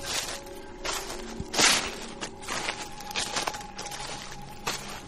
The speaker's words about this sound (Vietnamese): Tiếng dép lê loẹt xoẹt ở trên mặt bê tông, thỉnh thoảng dẫm lên những cái đám lá khô rơi xuống đường. Nó tạo ra một cái thứ phá tan cái sự tịch mịch của màn đêm.